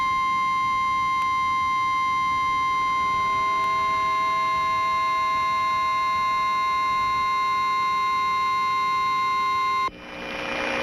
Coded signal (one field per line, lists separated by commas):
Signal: Emergency Alert System (SAME) tones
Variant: 1050 Hz attention tone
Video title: Carcar city channel has been interrupted by eas